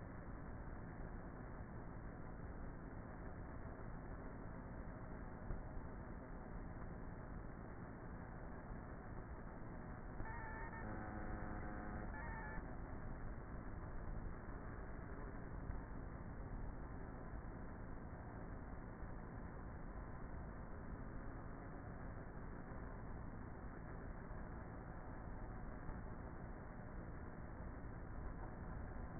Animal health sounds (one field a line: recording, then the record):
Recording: honeybee colony, microphone inside the hive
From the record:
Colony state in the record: queenless with a low population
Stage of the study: before two queens were removed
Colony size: about 30,000 bees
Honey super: no